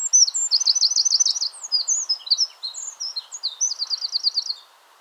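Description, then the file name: Eurasian wren song: a loud, fast outpouring of high twittering notes with rapid trilled runs, lasting about four and a half seconds before stopping. "Troglodytes troglodytes"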